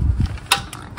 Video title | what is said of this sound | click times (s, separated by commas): 2021 Honda Ridgeline Oil Change | okay I heard that torque wrench click soon as you hear that | 0.5 s